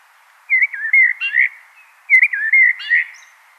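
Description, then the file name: Common blackbird repeating two nearly identical fluted warbled phrases, each ending in a rougher twitter, over a faint steady background hiss. "Turdus merula"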